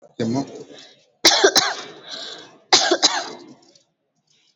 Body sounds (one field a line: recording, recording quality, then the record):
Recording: heavy voluntary cough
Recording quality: excellent, no background noise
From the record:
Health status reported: healthy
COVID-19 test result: negative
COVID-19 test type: RT-PCR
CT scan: not taken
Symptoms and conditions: cough, cold, fever, hypertension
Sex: female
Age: 30 years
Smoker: no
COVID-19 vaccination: both doses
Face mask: worn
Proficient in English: yes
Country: India